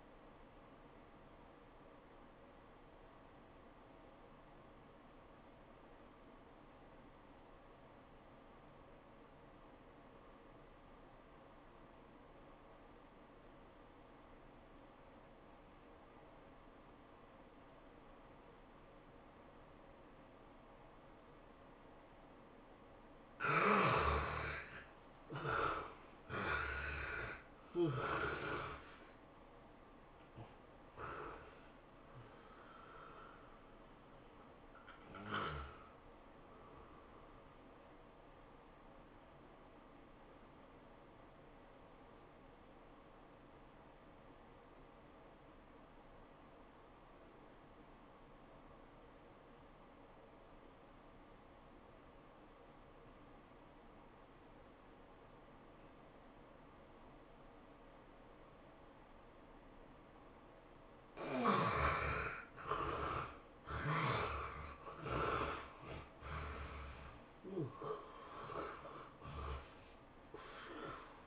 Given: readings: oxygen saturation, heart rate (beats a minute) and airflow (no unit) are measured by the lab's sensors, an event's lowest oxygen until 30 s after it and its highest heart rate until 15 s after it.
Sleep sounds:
breathing in sleep by a voice recorder at the bedside; 2
3.00-24.30 s: obstructive apnea (N1, oxygen 94% highest, then 69% lowest, heart rate 88 at the start, 110 highest)
43.00-60.20 s: obstructive apnea (N1, oxygen 96% highest, then 72% lowest, heart rate 90 at the start, 108 highest)
From the record:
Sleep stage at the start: N1 (lightest sleep); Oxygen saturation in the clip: 67 to 96%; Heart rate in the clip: 82 to 110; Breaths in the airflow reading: 7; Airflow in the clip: -15.6 to 17.7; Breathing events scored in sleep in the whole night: 403 in 5.5 hours asleep

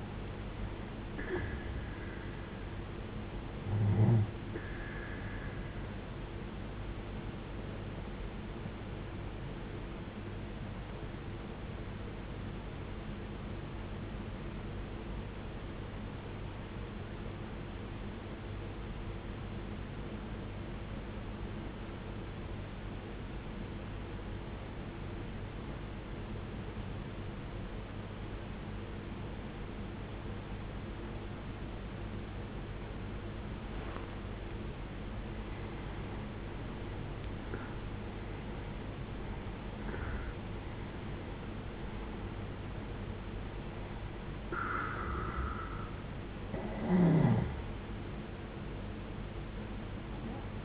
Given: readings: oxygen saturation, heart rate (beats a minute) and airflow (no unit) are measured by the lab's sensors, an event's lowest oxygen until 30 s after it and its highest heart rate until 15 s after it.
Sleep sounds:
breathing in sleep by a voice recorder at the bedside; 1
16.00-37.50 s: obstructive apnea (N1, oxygen 95% highest, then 80% lowest, heart rate 58 at the start, 76 highest)
From the record:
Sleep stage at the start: N1 (lightest sleep); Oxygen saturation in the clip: 84 to 95%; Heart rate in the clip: 53 to 76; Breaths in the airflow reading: 7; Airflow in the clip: -13.9 to 17.3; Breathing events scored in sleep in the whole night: 389 in 6.3 hours asleep

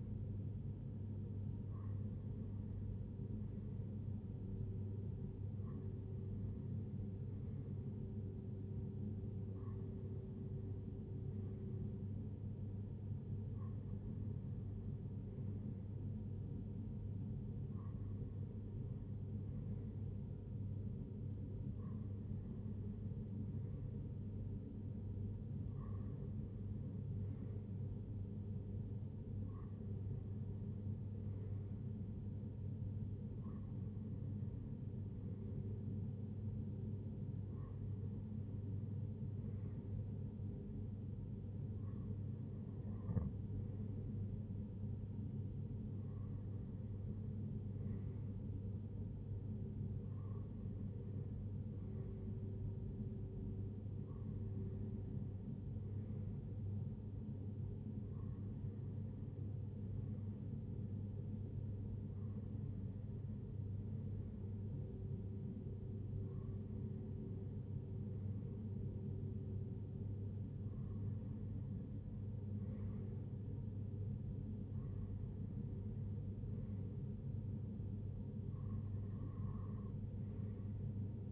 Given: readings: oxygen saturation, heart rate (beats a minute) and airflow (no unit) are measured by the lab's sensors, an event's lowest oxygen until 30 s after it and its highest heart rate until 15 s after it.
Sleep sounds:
breathing in sleep by a smartphone at the bedside; none
8.00-68.00 s: new sleep stage, N2 (light sleep)
68.00-81.32 s: new sleep stage, N3 (deep sleep)
From the record:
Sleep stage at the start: N3 (deep sleep); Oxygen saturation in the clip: 95%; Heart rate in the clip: 56 to 69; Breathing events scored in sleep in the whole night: 35 in 6.9 hours asleep

